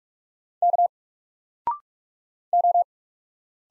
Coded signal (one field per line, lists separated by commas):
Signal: Morse code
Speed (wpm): 47 wpm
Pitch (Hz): 700 Hz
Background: none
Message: K O